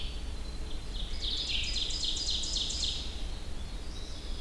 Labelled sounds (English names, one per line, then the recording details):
Ovenbird song
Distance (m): 50 m
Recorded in boreal forest in Alberta, Canada, on 23 June 2016 at 06:54
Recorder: SongMeter 3, array SBT-6-76
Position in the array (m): 22 m, 86 m
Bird 2